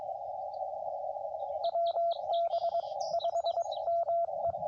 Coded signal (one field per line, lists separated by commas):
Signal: Morse code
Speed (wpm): 21 wpm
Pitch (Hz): 690 Hz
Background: radio noise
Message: WB 5 ME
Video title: CW POTA Lower Hobble Creek